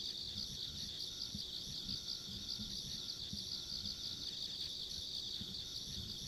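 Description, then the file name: Insects in a steady chorus, a continuous shrill trilling hum with no pauses, over faint low rumbling background noise. Ambient insect sounds recorded along a rural country road. "田舎道の虫の環境音"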